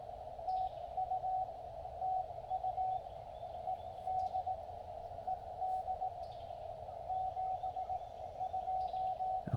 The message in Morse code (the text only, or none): TU TU ED ED 72